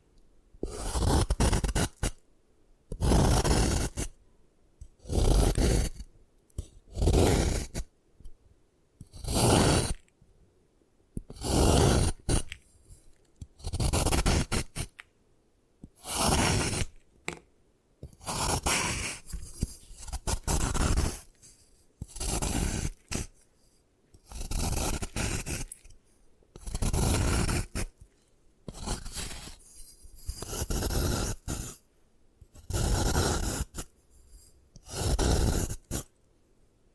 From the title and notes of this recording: ASMR Satisfying Ways to Destroy Gym Chalk (No Talking).